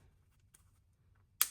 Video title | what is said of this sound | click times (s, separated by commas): BEST BUDGET Speed Cube Of All Times?! - MoYu RS3M MagLev Unboxing And Overview | there we go oh it clicks | 1.4 s